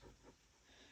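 Latches on a fold-out outdoor cooking shelf on the door of a Toyota camper van are handled after the shelf is flipped up, with only a soft, low rumbling hiss and faint muffled knocks heard. Nothing has seated or clicked yet.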